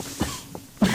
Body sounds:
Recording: coughing mixed with background sound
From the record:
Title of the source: Spring Allergy Coughing

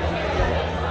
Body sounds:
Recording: background sound without coughing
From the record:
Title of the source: CITY SOUNDS Busy Bar in the Evening Night - 2 HOURS of Ambiance for Relaxation

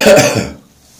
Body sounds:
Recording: coughing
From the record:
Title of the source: Spring Cold Coughing 3

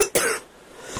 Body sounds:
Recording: coughing mixed with background sound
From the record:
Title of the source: 34 coughing up crap again

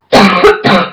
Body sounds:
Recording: coughing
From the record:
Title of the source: Barking cough - # 10

